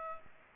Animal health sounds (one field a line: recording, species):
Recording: mosquito wingbeat signal from an infrared sensor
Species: Culex pipiens